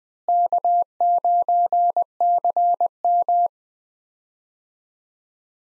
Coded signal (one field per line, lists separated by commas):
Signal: Morse code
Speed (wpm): 21 wpm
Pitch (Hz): 700 Hz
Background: none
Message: K9CM